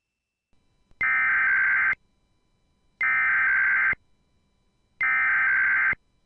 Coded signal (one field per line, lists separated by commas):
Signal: Emergency Alert System (SAME) tones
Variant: header bursts